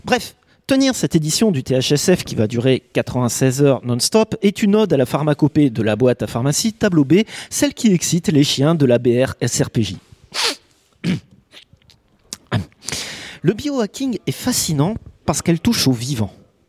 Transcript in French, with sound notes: Bref, tenir cette édition du THSF qui va durer 96 heures non stop est une ode à la pharmacopée de la boite à pharmacie tableau B, celle qui excite les chiens de la BR-SRPJ. (snirf) Ahem... Le bio-hacking est fascinant parce qu'elle touche au vivant.